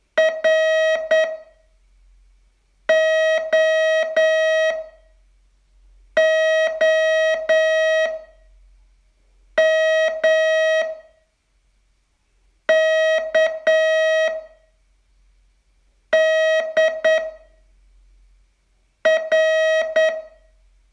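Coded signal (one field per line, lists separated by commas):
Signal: Morse code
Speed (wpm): 9 wpm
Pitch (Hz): 640 Hz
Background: none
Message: ROOM K D R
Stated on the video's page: Day 28 of a 42-day Morse training course.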